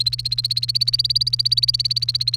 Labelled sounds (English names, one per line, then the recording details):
Domestic Canary song
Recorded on 30 April 2018 at 17:45
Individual llb3